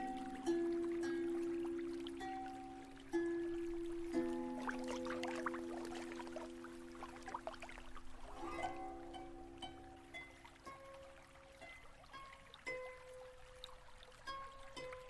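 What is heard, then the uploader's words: Japanese music of long held tones moves slowly through new pitches every few seconds, with fresh notes entering near 0.5, 3, 4, 8.5 and 12.5 seconds. Beneath it, hot tub water pours and trickles steadily, growing busier between about four and nine seconds. Hot tub ambience. Japanese music. Onsen.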